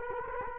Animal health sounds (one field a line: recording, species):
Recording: mosquito wingbeat signal from an infrared sensor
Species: Culex quinquefasciatus